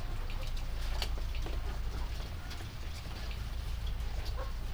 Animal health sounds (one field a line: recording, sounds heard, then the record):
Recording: poultry house recording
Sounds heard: sick chickens (respiratory disease)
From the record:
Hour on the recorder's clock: 22